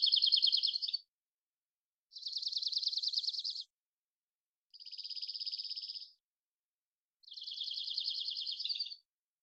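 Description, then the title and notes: Dark-eyed junco song: four level trills of rapid repeated notes, each about one to two seconds long, separated by short gaps, on a silent background. Collected song variations and trills, isolated; recorded in the Pacific Northwest, Washington, United States. "Dark-eyed Junco, Junco hyemalis, collected song variations, trills, isolated Recorded in the beautiful Pacific Northwest, Washington, United States"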